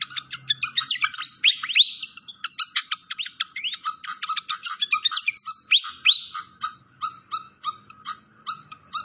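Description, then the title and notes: Malaysian pied fantail song: a quick run of crisp high chips mixed with upswept whistled slurs. Masteran (training recording) of clear-voiced song. "Masteran Sikatan Kipas Suara Jernih Dan Suara Gemericik Air. Suara Burung Sikatan Londo"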